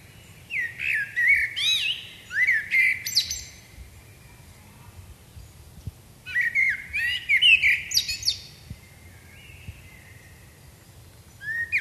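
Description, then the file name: Common blackbird with rich whistled phrases that slide and warble before breaking into high chattering flourishes. Two full phrases are heard, and a third is just beginning at the end. "Turdus merula"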